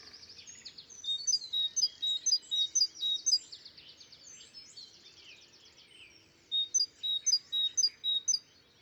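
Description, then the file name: Great tit song in two bursts of clear alternating high and lower notes, with fainter chirping from other birds in the pause between them. "Parus major"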